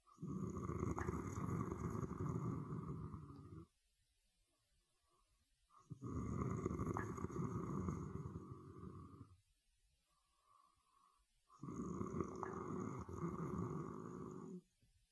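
Three long, loud, rattling low-pitched breaths, each about three and a half seconds, with quiet pauses between them, about ten breaths a minute. This is steady snoring from vibration of the upper airway during sleep.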